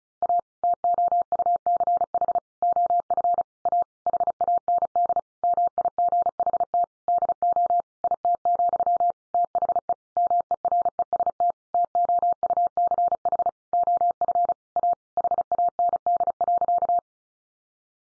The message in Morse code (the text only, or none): A TOUCH OF A HAND MIGHT DO IT, THE MEREST TOUCH OF A HAND.